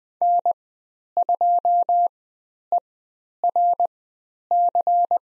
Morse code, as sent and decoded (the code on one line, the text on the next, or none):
-. ..--- . .-. -.-.
N2ERC